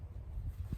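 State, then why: Not seated. A chicken coop door is pushed shut, but its latch fails to catch, so nothing seats or clicks and the door swings back open. Low, rumbling noise fills the short clip with a few soft thumps, and a faint brief tick comes at the very end.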